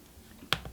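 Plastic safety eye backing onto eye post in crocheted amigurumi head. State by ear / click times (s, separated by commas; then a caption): seated / 0.5 s. A plastic backing washer for the second safety eye is pushed onto the eye's post through a crocheted amigurumi head. A sharp snap is heard at 0.5 s, followed by a fainter click at about 0.7 s. The backing seats on the post.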